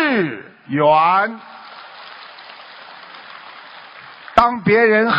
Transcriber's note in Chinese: 掌声